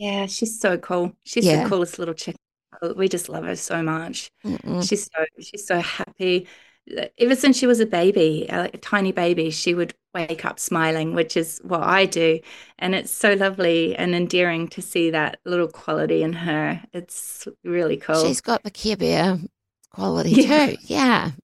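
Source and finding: Adult woman speaking. Normal voice.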